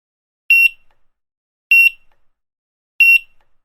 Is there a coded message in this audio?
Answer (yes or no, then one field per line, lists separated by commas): no